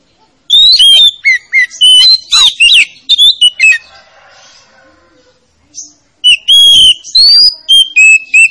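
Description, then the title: Oriental magpie-robin singing loud, clear whistled phrases with slurred rising and falling notes in two bursts, separated by a quieter pause of faint chatter. Lure recording meant to make a reluctant magpie-robin sing. "Pancingan Kacer Yg Malas Bunyi"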